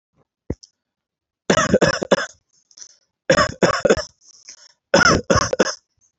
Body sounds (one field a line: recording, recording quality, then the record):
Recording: shallow voluntary cough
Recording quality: excellent, no background noise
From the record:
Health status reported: healthy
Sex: male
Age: 31 years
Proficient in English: yes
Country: India